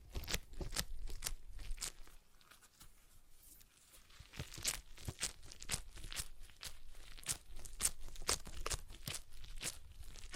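A stress ball is squeezed and worked in the hands, giving off quick crackly, crinkling snaps and crunches. The sharp bursts come densely and irregularly across the whole stretch, easing off briefly around two to four seconds before picking back up.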